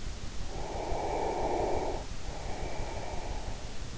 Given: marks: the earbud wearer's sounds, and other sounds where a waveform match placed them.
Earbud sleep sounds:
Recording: sounds in sleep by an in-ear microphone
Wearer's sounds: breath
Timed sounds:
0.36-3.64 s: breath

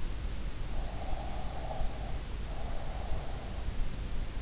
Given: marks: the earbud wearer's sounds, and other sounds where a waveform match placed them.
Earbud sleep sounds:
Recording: sounds in sleep by an in-ear microphone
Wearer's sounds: breath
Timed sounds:
0.82-3.53 s: breath

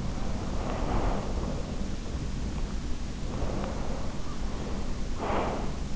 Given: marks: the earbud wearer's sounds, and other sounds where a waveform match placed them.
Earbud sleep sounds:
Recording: sounds in sleep by an in-ear microphone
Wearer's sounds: breath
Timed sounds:
0.00-2.25 s: breath
3.25-5.88 s: breath

